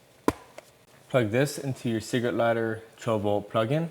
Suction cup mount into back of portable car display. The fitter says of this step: all you got to do is slide up until you hear the clicking noise